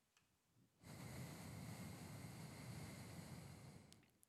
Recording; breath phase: one breath near a microphone; exhalation